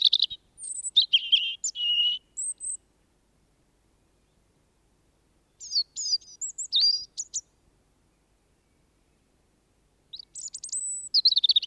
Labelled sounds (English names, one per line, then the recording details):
European Robin song
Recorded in the wild
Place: Garmisch-Partenkirchen, Bayern, DE
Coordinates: 47.5203, 11.0819
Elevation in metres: 846
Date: 1971-04-10
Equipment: Nagra IV, Sennheiser MKH 405, Parabolreflektor
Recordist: Tretzel, Erwin